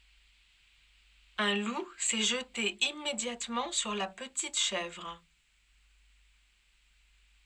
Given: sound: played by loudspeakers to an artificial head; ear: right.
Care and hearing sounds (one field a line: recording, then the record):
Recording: speech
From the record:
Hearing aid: class 2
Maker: E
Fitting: closed earmoulds, the maker's default for a moderate loss (N3)